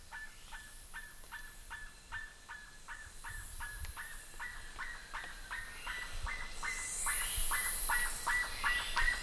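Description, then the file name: Bird calling in a fast series of short notes, roughly three each second, growing slightly louder toward the end, with soft background noise. "SABIOD 50 bird 2015"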